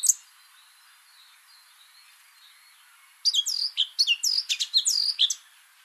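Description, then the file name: Eurasian Blackcap song: a single brief note, then near silence, followed by a lively two-second run of high, varied warbling notes. "Sylvia atricapilla"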